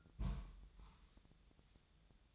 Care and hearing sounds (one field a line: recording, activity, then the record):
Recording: daily activity, microphone in the room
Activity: place on stove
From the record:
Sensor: 3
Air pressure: 999.2 hPa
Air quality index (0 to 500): 198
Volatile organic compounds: 45 ppm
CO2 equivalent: 3223 ppm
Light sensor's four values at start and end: 7/17/7/7 and 7/17/7/7